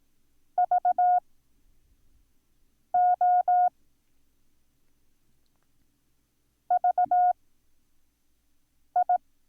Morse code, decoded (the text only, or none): VO VI